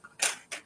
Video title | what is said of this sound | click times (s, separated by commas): Marvelous Monday – Changing Leaves Bundle Stunning Watercoloring | it just kind of snaps | 0.2 s